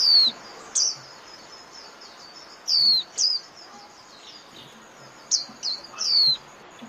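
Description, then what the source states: White-eye calls: several thin, high notes, some sliding downward, in short clusters separated by quieter gaps. Lure call used for trapping (mồi).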